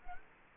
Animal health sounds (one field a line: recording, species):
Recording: mosquito wingbeat signal from an infrared sensor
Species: Culex quinquefasciatus